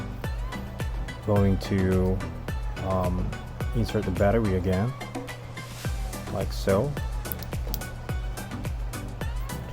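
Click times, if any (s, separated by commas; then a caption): 7.3 s, 7.7 s. A battery is pushed back into the battery compartment of a DJI Osmo Action camera while someone talks over background music. Two sharp latch clicks, one for each side latch, sound at 7.3 s and 7.7 s. The battery is seated: both orange lock indicators are gone, showing it is latched.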